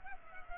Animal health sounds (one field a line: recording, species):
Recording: mosquito wingbeat signal from an infrared sensor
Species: Culex pipiens